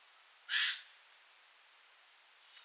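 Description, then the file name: Eurasian jay uttering one short, hoarse screech, followed by a few faint, thin sounds. "Garrulus glandarius"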